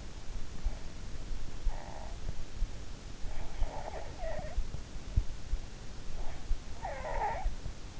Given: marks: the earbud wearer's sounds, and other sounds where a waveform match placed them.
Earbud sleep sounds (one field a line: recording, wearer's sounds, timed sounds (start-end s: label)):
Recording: sounds in sleep by an in-ear microphone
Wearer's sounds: snoring breath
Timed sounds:
0.57-2.36 s: snoring breath
3.29-5.22 s: snoring breath
6.15-7.70 s: snoring breath